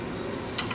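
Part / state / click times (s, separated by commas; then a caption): click-type torque wrench on differential bolts / torque reached / 0.6 s. A click-type torque wrench tightens bolts on the rear differential of a 2007 Ram (Chrysler 9.25) during a rebuild, against a steady background hum. A sharp, bright click sounds at 0.6 s, followed by a fainter tick just after, signaling the wrench has reached its set torque.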